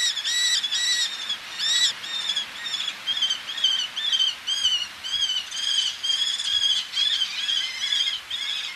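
Eleonora's falcon giving harsh, nasal notes about twice a second.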